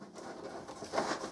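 The adjustable top of a Florabest party cooler table is handled while its height lock sits in the table's height post, giving soft rustling and a brief louder scrape around 1.0 s. Nothing has seated or clicked yet.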